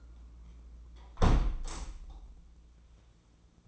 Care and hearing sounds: daily activity, microphone in the room; close window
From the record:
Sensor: 1

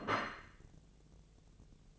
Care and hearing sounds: daily activity, microphone in the room; place plate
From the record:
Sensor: 4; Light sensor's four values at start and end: 26/63/26/28 and 26/63/26/28

